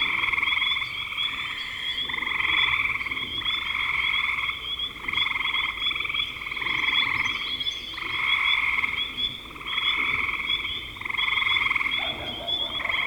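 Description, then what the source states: Frogs calling in chorus, repeated pulsed trills about a second long, accompanied by a constant high whine. Recorded in spring 2025.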